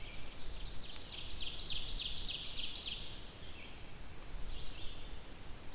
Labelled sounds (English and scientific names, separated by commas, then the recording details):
Ovenbird (Seiurus aurocapilla) song
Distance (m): 85 m
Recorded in boreal forest in Alberta, Canada, on 28 May 2016 at 06:11
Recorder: SongMeter 3, array SBT-3-49
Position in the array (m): 84 m, 233 m
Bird 14